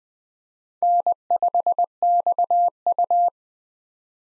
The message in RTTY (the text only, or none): none